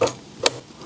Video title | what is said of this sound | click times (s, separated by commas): Review of transmitter AG-120 | until we hear a click and then we can press on button | 0.5 s